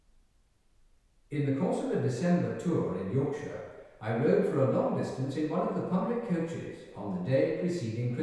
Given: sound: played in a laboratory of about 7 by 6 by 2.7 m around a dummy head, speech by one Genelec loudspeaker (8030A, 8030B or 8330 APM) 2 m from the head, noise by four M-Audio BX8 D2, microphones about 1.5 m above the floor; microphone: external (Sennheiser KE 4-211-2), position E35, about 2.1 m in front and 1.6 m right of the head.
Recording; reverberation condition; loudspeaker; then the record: male speech in English; high; 150 degrees to the left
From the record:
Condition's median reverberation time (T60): about 1300 ms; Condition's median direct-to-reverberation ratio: about -4.0 dB